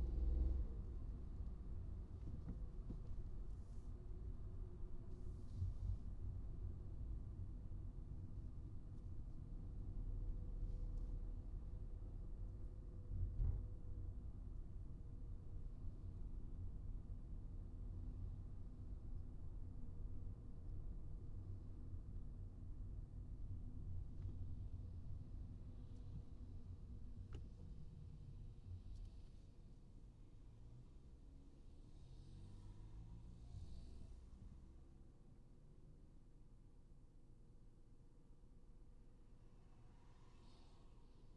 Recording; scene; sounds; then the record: everyday scene through a hearing-aid microphone; in a vehicle; engine, highway traffic jam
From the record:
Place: Skoda Fabia, gasoline engine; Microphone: in the ear canal, right